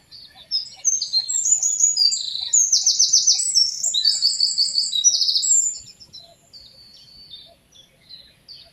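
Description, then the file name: Eurasian wren pouring out a loud, rapid song of piercing trills and rattles for about five seconds, then faint high chips continue in the background. "Troglodytes troglodytes"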